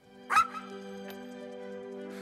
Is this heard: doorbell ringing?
no